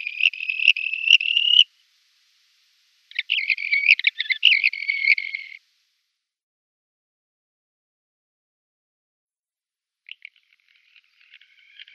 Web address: Schulze Peter Red-rumped Wheatear song